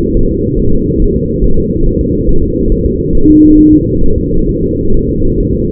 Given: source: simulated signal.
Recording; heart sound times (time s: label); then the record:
fetal heart sounds
0.17 s: S1
0.31 s: S2
0.59 s: S1
0.74 s: S2
1.02 s: S1
1.16 s: S2
1.44 s: S1
1.59 s: S2
1.87 s: S1
2.01 s: S2
2.29 s: S1
2.44 s: S2
2.72 s: S1
2.86 s: S2
3.15 s: S1
3.30 s: S2
3.59 s: S1
3.74 s: S2
4.04 s: S1
4.18 s: S2
4.49 s: S1
4.63 s: S2
4.94 s: S1
5.09 s: S2
5.40 s: S1
5.55 s: S2
From the record:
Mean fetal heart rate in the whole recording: 135 bpm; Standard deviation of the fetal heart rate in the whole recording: 3 bpm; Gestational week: 36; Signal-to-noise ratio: -19.1 dB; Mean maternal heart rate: 72 bpm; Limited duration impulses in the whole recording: present